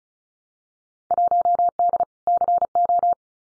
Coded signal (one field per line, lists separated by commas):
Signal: Morse code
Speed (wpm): 36 wpm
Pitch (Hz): 700 Hz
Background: none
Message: 1D CO